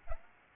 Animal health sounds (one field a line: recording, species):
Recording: mosquito wingbeat signal from an infrared sensor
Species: Aedes albopictus